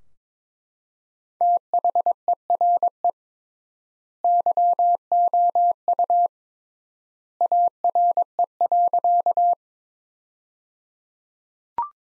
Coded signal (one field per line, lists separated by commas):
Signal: Morse code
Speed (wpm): 21 wpm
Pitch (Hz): 700 Hz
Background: none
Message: THERE YOU ARE.